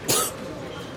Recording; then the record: coughing mixed with background sound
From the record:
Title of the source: 30 Chesty and wet cough